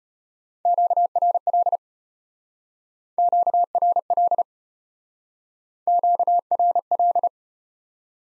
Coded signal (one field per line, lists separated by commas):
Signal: Morse code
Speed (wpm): 34 wpm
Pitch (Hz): 700 Hz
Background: none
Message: QRL QRL QRL